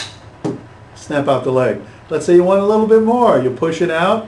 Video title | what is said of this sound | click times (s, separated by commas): iPad Tripad Stand.mov | push in on the on the lever and then snap | 0.5 s